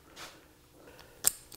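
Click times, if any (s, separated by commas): 1.3 s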